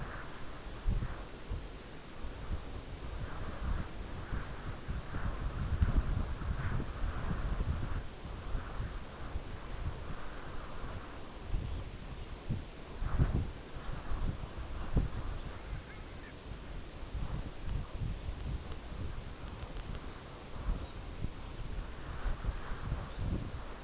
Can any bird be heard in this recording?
yes